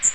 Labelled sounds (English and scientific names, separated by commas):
Magnolia Warbler (Setophaga magnolia) flight call